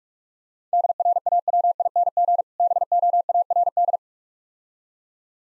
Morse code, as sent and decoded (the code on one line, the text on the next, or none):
-.. .-. .- .-- .. -. --. / -... --- .- .-. -..
DRAWING BOARD